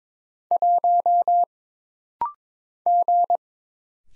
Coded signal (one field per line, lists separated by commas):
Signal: Morse code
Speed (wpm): 22 wpm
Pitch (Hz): 700 Hz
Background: none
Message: 1 G